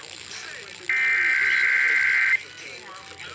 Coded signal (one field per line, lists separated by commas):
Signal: Emergency Alert System (SAME) tones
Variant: header bursts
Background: speech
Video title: EAS 5998-6054 Loads of Tests